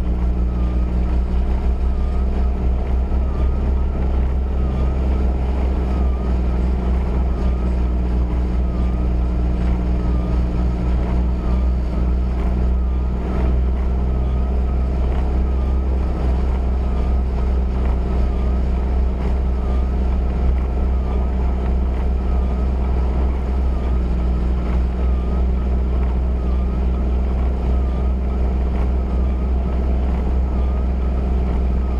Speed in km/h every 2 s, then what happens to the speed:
16, 18, 19, 19, 19, 18, 18, 18, 19, 19, 19, 19, 19, 19, 19, 19.
0-32 steady at about 19.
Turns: none.